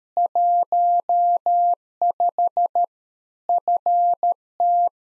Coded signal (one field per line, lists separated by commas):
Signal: Morse code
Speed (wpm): 13 wpm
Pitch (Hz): 700 Hz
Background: none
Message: 15 FT